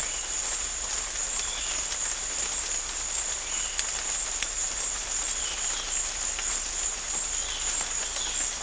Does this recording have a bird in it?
no